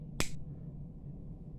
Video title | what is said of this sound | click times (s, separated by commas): my 1st 3 knives, yes I am old! @bigjsoutdoors #Western #Sears #Schrade | and you can hear the snap it's got | 0.2 s